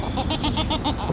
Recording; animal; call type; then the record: contact call of a hoofed animal; goat; low-frequency (closed-mouth) or high-frequency (open-mouth) call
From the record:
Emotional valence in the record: negative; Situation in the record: short social isolation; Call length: 1.12 s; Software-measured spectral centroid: 3430 Hz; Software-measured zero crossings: 2210 a second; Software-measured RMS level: -24 dBFS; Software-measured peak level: -9 dBFS